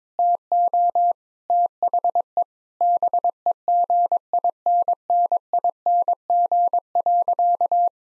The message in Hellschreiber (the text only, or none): none